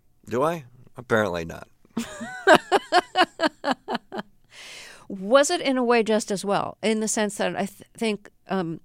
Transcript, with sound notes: Do I? Apparently not.
(LAUGHTER)
Was it in a way just as well, in the sense that I think